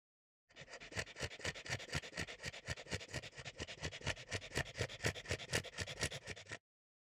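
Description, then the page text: French bulldog giving fast, raspy snorting breaths, steady and continuous for about six seconds. Gasping, snorting sounds. "French Bulldog Gasp Snorty - Quick Sounds"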